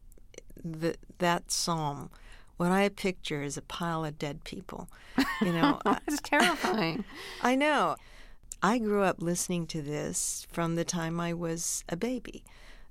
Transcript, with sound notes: that psalm, what I picture is a pile of dead people, you know?
(Laughter) That's terrifying.
I know. I grew up listening to this from the time I was a baby.